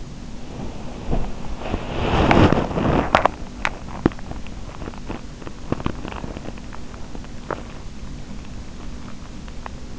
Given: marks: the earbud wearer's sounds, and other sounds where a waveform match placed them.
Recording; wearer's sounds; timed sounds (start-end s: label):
sounds in sleep by an in-ear microphone; body movement, teeth grinding
0.00-2.96 s: body movement
3.22-7.38 s: teeth grinding
9.53-9.99 s: teeth grinding